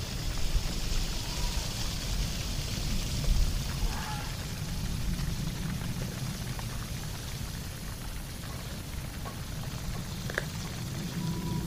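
A dark village ambience of steady, dense rushing noise, like pouring rain over a low, constant rumble. Faint short whistling calls rise out of it around the first, fourth and eleventh seconds, with a few soft ticks near ten seconds.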